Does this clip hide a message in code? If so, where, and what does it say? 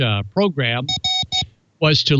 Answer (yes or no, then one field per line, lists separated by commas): no